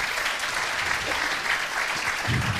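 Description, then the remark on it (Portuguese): Steady audience applause for Jane Gabriel, a dense wash of many hands clapping at an even, sustained loudness for the whole stretch, with no pauses or voices standing out. “Uma salva de palmas para a Jane Gabriel.”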